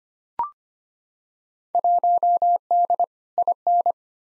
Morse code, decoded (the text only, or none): 1D IN